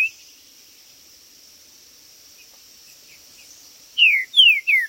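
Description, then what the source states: Green-winged saltator song: a steady high hum for four seconds, then three quick, loud, falling whistled notes at the very end. Singing, chirping and territorial male calling (macheando) in a singing contest (disputa).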